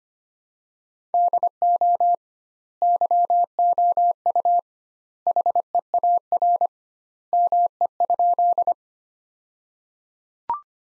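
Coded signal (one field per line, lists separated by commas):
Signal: Morse code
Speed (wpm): 25 wpm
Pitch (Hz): 700 Hz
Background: none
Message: DO YOU HEAR ME?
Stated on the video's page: Practice sentences from top 300 words at 25 wpm with 2x word-spacing, a word-based approach analogous to Farnsworth.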